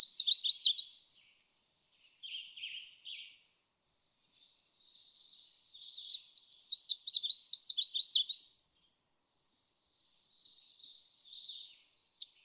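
Red-faced Warbler song: a rapid high twittering phrase, soft lower chips, then a longer phrase swelling in volume, followed by a quieter thin trill.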